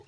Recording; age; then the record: pig call; piglet (1 to 25 days)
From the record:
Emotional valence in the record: positive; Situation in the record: reunion after long isolation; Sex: female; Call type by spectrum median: low-frequency call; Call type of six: low-frequency tonal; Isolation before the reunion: 8 minutes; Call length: 0.08 s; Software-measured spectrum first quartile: 321 Hz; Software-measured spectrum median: 612 Hz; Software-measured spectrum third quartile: 1924 Hz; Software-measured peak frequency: 410 Hz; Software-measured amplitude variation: 58 dB a second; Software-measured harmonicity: 4.2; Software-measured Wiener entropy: -1.57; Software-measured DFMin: 772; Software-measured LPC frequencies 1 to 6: 1906, 2748, 3707, 4316, 5355, 6548 Hz